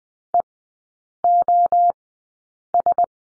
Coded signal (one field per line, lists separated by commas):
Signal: Morse code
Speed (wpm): 20 wpm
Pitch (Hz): 700 Hz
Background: none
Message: E O S